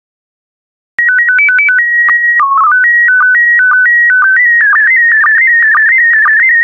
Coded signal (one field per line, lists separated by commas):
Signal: SSTV (slow-scan television)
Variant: PD 120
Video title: 84021 Roses by Diane Rose Therrien SSTV PD120